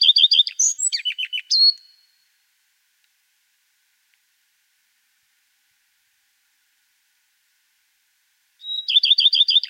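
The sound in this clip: Common redstart song ending in a jumbled, scratchy twitter, a long quiet gap, then the next verse opening with a thin note and quick repeated phrases.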